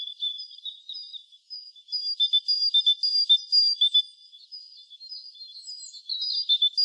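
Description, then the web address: Great tit delivering a run of rapid, clear alternating high and lower notes, preceded and followed by softer, thinner notes, with another louder run starting at the end. "SETE Parus major"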